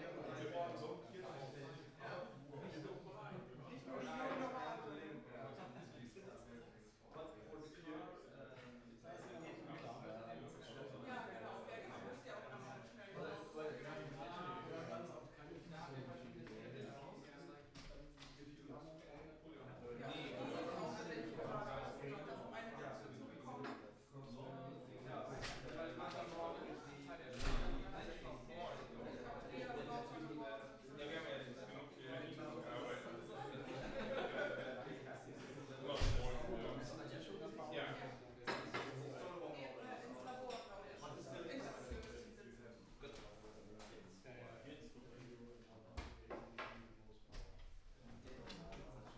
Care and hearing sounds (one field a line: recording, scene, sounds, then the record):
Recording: everyday scene through a hearing-aid microphone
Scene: many people talking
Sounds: many voices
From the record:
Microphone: behind the ear, right, front